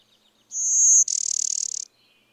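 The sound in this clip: Bird song with a loud, thin, high whistle followed by a dry, rapidly pulsed trill, one phrase in a quiet background.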